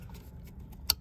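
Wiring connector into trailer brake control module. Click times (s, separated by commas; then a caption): 0.9 s. A wiring connector is plugged into the bottom of the trailer brake control module on a Ford Transit van. A sharp click at 0.9 s stands out against faint low rumble and a few soft ticks. It shows the connector seating in the module.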